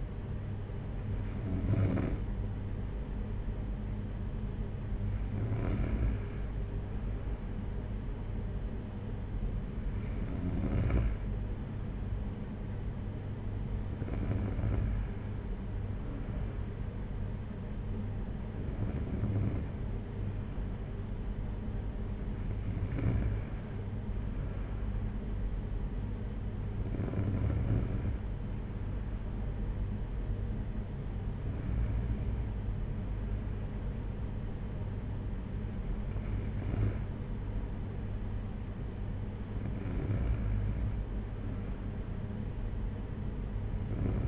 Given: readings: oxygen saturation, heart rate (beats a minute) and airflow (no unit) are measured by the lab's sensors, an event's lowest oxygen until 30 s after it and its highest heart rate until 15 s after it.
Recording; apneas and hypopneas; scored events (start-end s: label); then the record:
breathing in sleep by a smartphone at the bedside; none
none scored
From the record:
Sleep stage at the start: N2 (light sleep); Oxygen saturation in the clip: 93 to 94%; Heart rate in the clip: 56 to 62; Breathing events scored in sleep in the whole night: 226 in 8.8 hours asleep